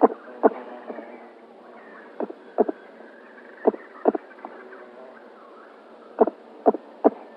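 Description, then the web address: Black vulture nestling making a rough breathy hissing noise broken by sharp clicking snaps at irregular intervals. "Schulze Peter Black Vulture nestling"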